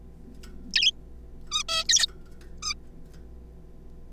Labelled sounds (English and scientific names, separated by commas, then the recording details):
Zebra Finch (Taeniopygia guttata)
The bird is a juvenile
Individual R3549